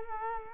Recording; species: mosquito wingbeat signal from an infrared sensor; Culex quinquefasciatus